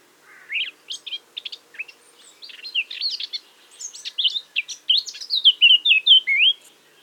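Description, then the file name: Eurasian blackcap song, a fast varied warble of sharp chirps building into loud, clear fluted notes in a rapid sequence near the end. "Sylvia atricapilla"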